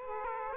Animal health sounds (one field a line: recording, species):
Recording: mosquito wingbeat signal from an infrared sensor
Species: Aedes aegypti